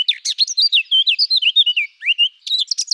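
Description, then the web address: Eurasian blackcap song: a fast, varied warble of twittering and slurred whistled notes, briefly pausing near the end before resuming with higher chattering notes. "Sylvia atricapilla"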